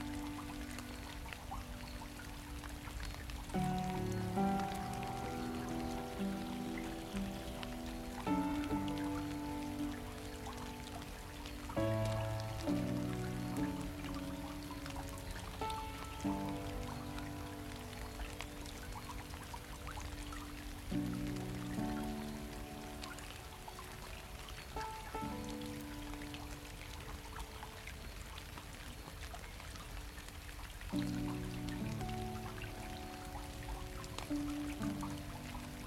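Rain falls into a stream with a steady, dense patter and trickle running the whole way through. Over it, soft music plays slow sustained chords that shift every few seconds, low and mellow, with quiet higher notes drifting above.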